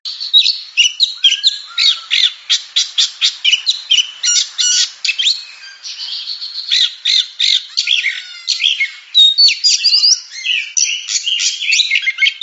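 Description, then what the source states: Oriental magpie-robin pouring out a fast, continuous song of sharp chips, buzzy notes and clear whistles, with steady rapid rhythm and few pauses. Champion singing bird.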